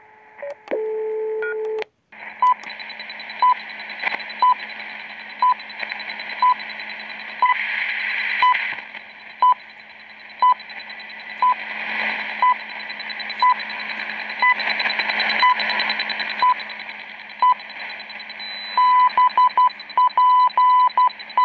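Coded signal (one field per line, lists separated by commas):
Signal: radio time signal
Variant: WWV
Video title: WWV, Time signal (USA)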